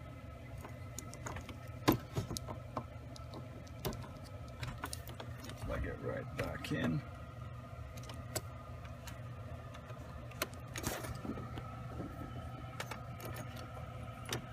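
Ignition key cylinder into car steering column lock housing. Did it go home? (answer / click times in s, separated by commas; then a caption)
no / none. A replacement ignition key cylinder, with the key in it, is handled at the steering column lock housing of a 2010 Chevrolet Malibu being repaired for a start-up issue. Someone talks over a steady low hum, while scattered short taps and rattles of handling come through. Nothing has seated or clicked yet.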